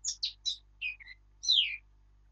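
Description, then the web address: Eurasian blackcap with a brief burst of quick high chips, lower warbled notes, and one sweeping descending whistle; quiet background. "birdsong Sylvia atricapilla"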